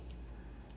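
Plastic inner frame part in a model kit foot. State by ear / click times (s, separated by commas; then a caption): seated / 0.7 s. While a Bandai Master Grade RX-78 plastic model kit foot that was not sitting level with its bottom is worked, faint plastic ticks sound at about 0.1 s and 0.3 s over a low steady hum. At 0.7 s a short, sharp click marks the plastic inner frame part underneath, which had not been pushed all the way in, popping into place and fixing the foot.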